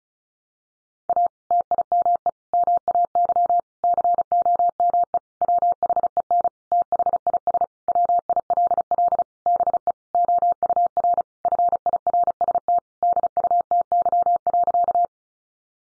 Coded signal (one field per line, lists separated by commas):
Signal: Morse code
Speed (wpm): 34 wpm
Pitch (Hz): 700 Hz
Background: none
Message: A TIME MAY COME WHEN THIS WILL BE OUR FIRST DUTY.